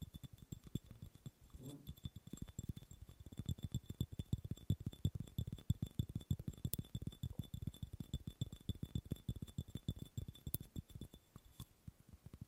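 Rapid tapping on an object, a dense run of short knocks that continues with little pause for the whole twelve seconds. The taps are mostly low and hollow with some brighter clicks, and a steady high whine sits faintly underneath.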